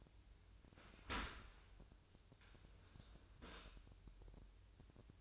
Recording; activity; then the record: daily activity, microphone in the room; open dishwasher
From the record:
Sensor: 2